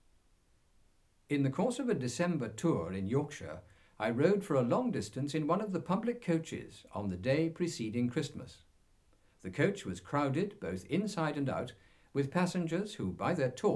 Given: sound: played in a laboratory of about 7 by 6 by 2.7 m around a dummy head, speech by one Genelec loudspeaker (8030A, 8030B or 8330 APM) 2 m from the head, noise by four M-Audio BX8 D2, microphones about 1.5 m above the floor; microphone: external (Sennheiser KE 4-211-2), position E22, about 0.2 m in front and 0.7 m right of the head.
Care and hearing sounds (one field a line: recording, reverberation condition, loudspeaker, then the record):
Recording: male speech in English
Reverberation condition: low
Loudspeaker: 60 degrees to the right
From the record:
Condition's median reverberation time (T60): about 310 ms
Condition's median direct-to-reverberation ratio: about 3.5 dB